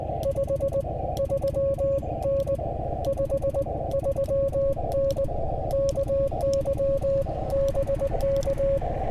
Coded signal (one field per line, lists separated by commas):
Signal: Morse code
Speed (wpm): 19 wpm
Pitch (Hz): 550 Hz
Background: music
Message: 53N 53N KY BK